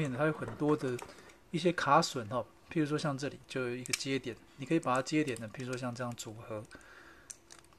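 A plastic weapon piece from an HGUC 1/144 AMS-123X-X Moon Gundam model kit is handled and lined up with its connection peg while someone talks throughout. A few faint light taps come near the end, and the part has not seated or clicked onto the peg yet.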